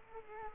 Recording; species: mosquito wingbeat signal from an infrared sensor; Culex quinquefasciatus